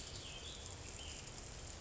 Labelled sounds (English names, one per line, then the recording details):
Ash-throated Flycatcher
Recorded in Sonoma County, California